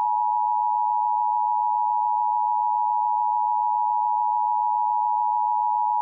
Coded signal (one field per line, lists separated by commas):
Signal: Emergency Alert System (SAME) tones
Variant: 853 and 960 Hz attention tone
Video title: If Driving Had EAS